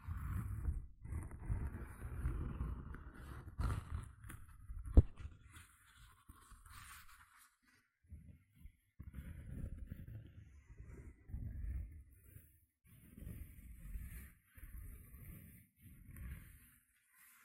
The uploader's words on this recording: ASMR 6 Tingly Gentle Scratching Sounds (No Talking).